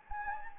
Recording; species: mosquito wingbeat signal from an infrared sensor; Anopheles gambiae